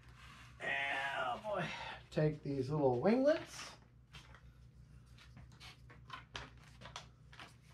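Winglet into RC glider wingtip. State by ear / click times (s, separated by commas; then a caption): seated / 6.4 s. Someone talks over a steady low hum, then a quieter stretch of small handling sounds follows as the first winglet is fitted onto the wingtip of the foam Arrows SZD 54 RC glider. A sharp snap at 6.4 s is the winglet clicking into place, and it is seated.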